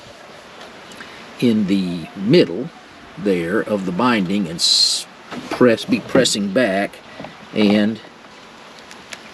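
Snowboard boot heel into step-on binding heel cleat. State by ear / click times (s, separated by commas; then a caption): not seated / none. Someone talks while a snowboard boot is placed in the middle of a Burton Step-On binding and pressed back toward the heel cleat. Two brief sharp sounds come near 8.9 s and 9.1 s, but the clip ends before the boot heel clips in, so nothing has seated or clicked yet.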